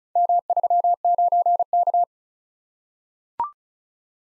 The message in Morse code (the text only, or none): M39K